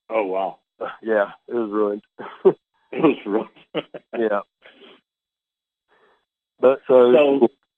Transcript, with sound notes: Yeah, it was ruined. (laughs)
It was ruined. (laughs)
Yeah. But,